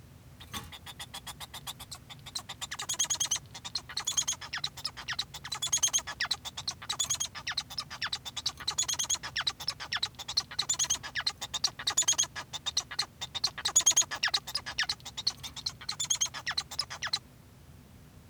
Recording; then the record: song of a male Bengalese finch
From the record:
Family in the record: son of father 1